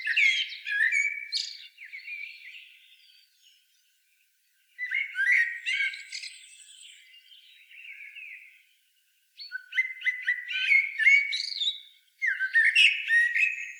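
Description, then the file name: Common blackbird singing in fluty, low warbling phrases that break into scratchy, high-pitched twittering, with short pauses between phrases. "Turdus merula"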